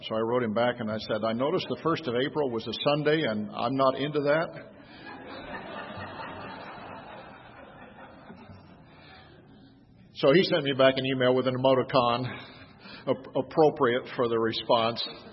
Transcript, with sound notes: So I wrote him back and said, “I noticed the first of April was a Sunday, and I'm not into that.”. (Laughter) So he sent me back an email with an emoticon – appropriate for the response.